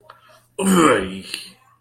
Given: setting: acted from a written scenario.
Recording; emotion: vocal sound without words; triumph